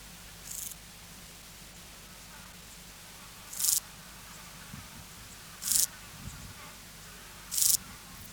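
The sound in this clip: Euchorthippus declivus grasshopper song: short, high hissing buzzes, four in all, spaced about two to three seconds apart over a steady background hiss.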